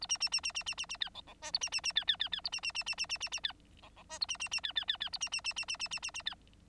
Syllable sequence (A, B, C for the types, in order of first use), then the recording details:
A B B B B B B B B C D D E A B B B C C C C A B B B B B B B B C D D E A B B B C C C C A B B B B B B B B B C. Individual Bird9